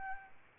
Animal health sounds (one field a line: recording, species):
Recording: mosquito wingbeat signal from an infrared sensor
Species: Aedes albopictus